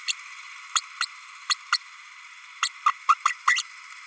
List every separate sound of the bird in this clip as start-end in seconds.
0.07-0.13, 0.75-0.81, 1.00-1.06, 1.49-1.55, 1.72-1.78, 2.62-2.69, 2.85-2.93, 3.08-3.14, 3.25-3.33